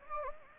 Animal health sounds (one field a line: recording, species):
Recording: mosquito wingbeat signal from an infrared sensor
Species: Anopheles gambiae